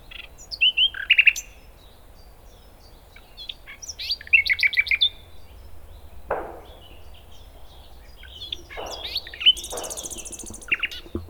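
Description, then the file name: Common nightingale song in scattered phrases: short rapid trills and chuckles with pauses between, a few brief bursts of noise, and a high buzzy rattle near the end. "Luscinia megarhynchos"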